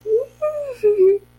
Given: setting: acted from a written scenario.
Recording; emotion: vocal sound without words; interest